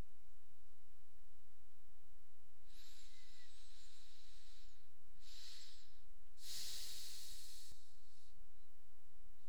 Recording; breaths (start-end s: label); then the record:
nose breathing near a microphone
2.49-6.14 s: inhalation
6.14-8.19 s: exhalation
From the record:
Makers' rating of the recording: medium